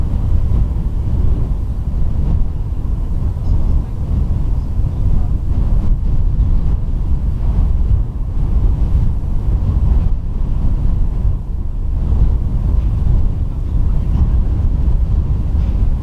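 Wind roars around the lighthouse at Rubjerg Knude, a dense, steady rumble that stays heavy in the low end for the whole stretch. Gusts swell and ease only slightly, with a faint hiss of flying sand riding above the constant buffeting.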